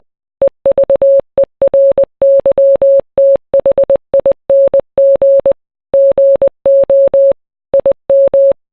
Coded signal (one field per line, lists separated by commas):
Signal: Morse code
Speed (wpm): 20 wpm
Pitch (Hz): 550 Hz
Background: none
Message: EVERYTHING GO IM